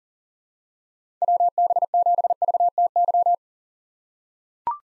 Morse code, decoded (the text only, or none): WB7VTY